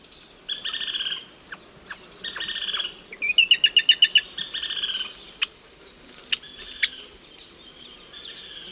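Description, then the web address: Gray-breasted crake: harsh buzzy bursts and a rapid series of high clipped notes, loudest in the middle, over a constant high insect hum. Ecuador. "Birds of Ecuador. Gray breasted Crake"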